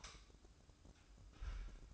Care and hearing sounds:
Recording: daily activity, microphone in the room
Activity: light off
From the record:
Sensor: 2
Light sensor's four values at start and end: 11/30/12/12 and 7/16/7/7

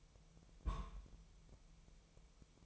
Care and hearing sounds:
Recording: daily activity, microphone in the room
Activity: place on stove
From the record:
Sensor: 1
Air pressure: 999.3 hPa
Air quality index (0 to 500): 203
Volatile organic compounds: 45 ppm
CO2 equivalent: 3219 ppm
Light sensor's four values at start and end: 9/22/8/9 and 9/22/8/9

